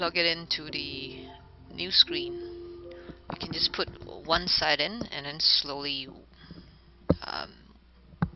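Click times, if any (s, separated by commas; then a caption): 7.1 s, 8.2 s. A display cable connector is plugged into the back of a new replacement laptop screen on an Acer V7, one side going in first and then nudged in until it clips into place. Someone talks over quiet background music, and two sharp clicks are heard at about 7.1 s and 8.2 s as the connector seats.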